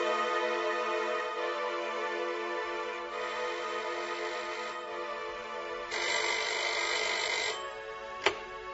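A telephone rings on and on for several seconds, a steady, buzzy bell tone rich in overtones that shifts character a couple of times before a sharp click near the end.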